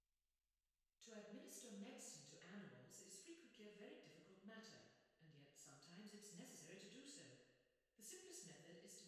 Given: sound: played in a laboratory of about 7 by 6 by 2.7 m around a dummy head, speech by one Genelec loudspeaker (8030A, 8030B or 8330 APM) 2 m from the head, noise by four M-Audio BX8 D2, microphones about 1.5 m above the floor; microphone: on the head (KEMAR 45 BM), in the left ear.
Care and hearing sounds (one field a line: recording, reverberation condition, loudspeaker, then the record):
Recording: female speech in English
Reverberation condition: high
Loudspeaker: 30 degrees to the right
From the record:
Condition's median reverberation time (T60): about 1300 ms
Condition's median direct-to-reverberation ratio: about -4.0 dB